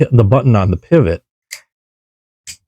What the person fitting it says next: it's a very satisfying click when that frame lock engages.